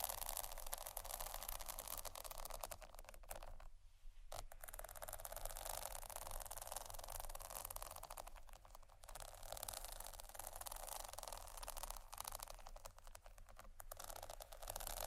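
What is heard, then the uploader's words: Tapping and scratching on bags fills all fifteen seconds with a dense, bright stream of fine crackles and rustles. The texture stays steady throughout, thinning briefly at about four seconds and again near nine and thirteen, over a faint low hum. ASMR Tappingscratching Galore 4 Bags (No Talking).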